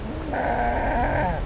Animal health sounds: contact call of a hoofed animal; goat; low-frequency (closed-mouth) or high-frequency (open-mouth) call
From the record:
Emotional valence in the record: negative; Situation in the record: short social isolation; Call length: 1.46 s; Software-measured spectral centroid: 1360 Hz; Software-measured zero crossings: 1270 a second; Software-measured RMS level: -24 dBFS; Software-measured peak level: -13 dBFS

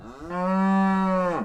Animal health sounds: contact call of a hoofed animal; cattle; low-frequency (closed-mouth) or high-frequency (open-mouth) call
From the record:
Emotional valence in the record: negative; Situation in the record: physical separation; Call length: 1.45 s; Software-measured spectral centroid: 1280 Hz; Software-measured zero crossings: 1140 a second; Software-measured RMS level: -23 dBFS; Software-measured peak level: -12 dBFS

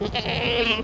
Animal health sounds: contact call of a hoofed animal; goat; low-frequency (closed-mouth) or high-frequency (open-mouth) call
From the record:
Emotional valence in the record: negative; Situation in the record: short social isolation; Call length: 0.84 s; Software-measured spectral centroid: 2400 Hz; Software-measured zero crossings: 2630 a second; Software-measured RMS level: -24 dBFS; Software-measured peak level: -7 dBFS

